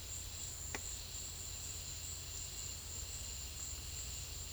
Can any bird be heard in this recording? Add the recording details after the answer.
no. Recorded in secondary vegetation near Puerto Asís, Putumayo, Colombia, on 4 March 2025 at 14:00. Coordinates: 0.500, -76.326. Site GP04